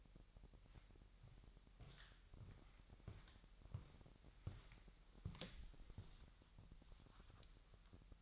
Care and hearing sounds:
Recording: daily activity, microphone in the room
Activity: walk to room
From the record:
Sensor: 3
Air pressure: 1002.0 hPa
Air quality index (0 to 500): 247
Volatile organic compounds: 49 ppm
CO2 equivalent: 3283 ppm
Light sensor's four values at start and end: 8/20/8/8 and 4/8/3/4

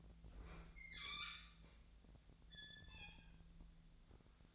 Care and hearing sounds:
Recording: daily activity, microphone in the room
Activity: open fridge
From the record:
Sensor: 3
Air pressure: 1009.6 hPa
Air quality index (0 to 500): 193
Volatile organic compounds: 15 ppm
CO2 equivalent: 2513 ppm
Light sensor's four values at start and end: 37/93/40/42 and 37/93/40/42

